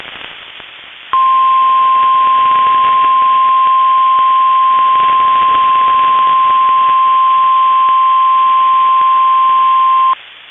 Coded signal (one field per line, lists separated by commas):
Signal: Emergency Alert System (SAME) tones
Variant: 1050 Hz attention tone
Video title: NOW IT'S MINNESOTA'S TURN... EAS Alerts from 3/10/2021 (EAS #204-212)